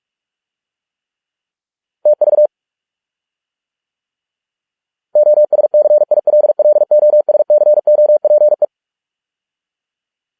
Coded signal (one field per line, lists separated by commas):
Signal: Morse code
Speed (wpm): 46 wpm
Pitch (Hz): 600 Hz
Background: none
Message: TV OSCILLOSCOPE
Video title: Morse code 45 wpm exercise with images